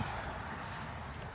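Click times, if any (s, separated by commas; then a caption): none. A plastic blower nozzle tube is slid onto an EGO 56-volt leaf blower body and twisted to lock. Only steady, broadband noise with a low rumble is heard, with no sharp transients, fading slightly toward the end. No snap is heard, so the tube has not clicked into place yet.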